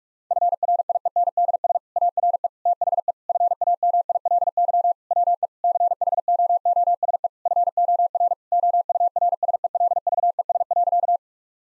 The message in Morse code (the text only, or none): FRIENDS ARE THE FAMILY WE CHOOSE FOR OURSELVES.